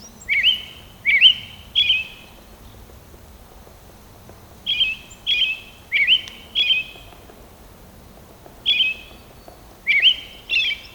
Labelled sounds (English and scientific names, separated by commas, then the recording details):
American Robin (Turdus migratorius) song
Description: American Robin song recorded on the Hollowell Park Trail in Rocky Mountain National Park
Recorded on 18 May 2016